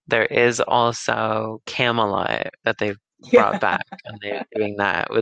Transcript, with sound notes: there is also Camelot that they-- [Laughs]
Yeah.
--brought back, and they're doing that.